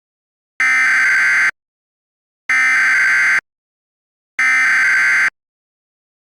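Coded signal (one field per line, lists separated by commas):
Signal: Emergency Alert System (SAME) tones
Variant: header bursts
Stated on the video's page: Fictional EAS scenario, not a real alert.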